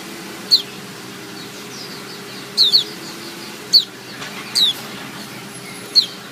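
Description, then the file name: White-eye producing brief, piercing, falling notes, single or paired, at irregular intervals over a steady hiss. Female. "suara pleci betina omkicau"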